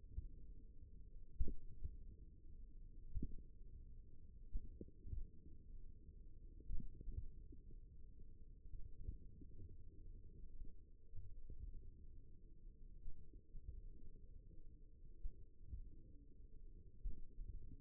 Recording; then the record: forearm muscle sounds (acoustic myography)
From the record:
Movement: finger pinch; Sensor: system 1, eight BSWA MPA416 microphones around the upper forearm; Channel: 3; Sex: male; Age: 54 years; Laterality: right